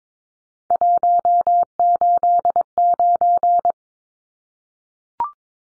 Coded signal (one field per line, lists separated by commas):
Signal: Morse code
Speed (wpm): 22 wpm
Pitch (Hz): 700 Hz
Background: none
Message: 189